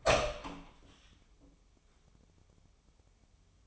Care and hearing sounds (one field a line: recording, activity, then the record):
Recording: daily activity, microphone in the room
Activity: open door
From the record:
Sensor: 1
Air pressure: 1005.0 hPa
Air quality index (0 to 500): 93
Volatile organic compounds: 2 ppm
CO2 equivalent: 1272 ppm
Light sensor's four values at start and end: 10/25/10/11 and 10/25/10/11